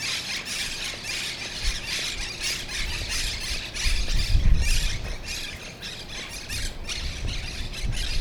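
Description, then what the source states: Monk parakeets squawking continuously, rough screechy calls overlapping in a dense chatter, with deep rumbling background noise rising around the middle. Recorded in Brooklyn; birds referred to as Brooklyn parrots.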